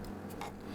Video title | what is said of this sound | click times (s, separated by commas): Black & Decker 40V MAX String Trimmer, 13-Inch Assembly & Review #blackanddecker | until the retaining tab clicks into place. | 0.4 s